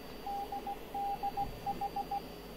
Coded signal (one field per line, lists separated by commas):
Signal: Morse code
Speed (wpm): 17 wpm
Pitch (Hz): 800 Hz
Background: radio noise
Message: DDH